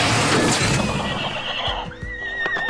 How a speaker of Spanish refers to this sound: Con el ruido de la puerta, el caballo corrió asustado, alejándose con el tronco y la puerta.